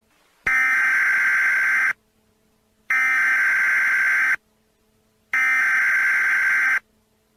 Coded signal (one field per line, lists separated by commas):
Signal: Emergency Alert System (SAME) tones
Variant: header bursts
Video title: Viracraft EAS Warning 4/28/1989